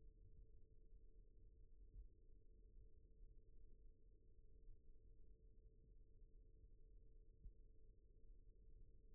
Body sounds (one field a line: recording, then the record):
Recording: forearm muscle sounds (acoustic myography)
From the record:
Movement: rest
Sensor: system 1, eight BSWA MPA416 microphones around the upper forearm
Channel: 2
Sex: male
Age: 41 years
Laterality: right